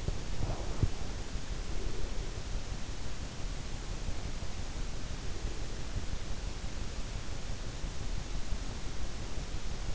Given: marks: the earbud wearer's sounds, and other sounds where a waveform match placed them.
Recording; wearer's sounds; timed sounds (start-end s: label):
sounds in sleep by an in-ear microphone; breath
0.00-1.07 s: breath